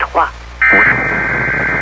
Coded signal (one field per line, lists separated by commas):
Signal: Emergency Alert System (SAME) tones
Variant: end-of-message bursts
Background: speech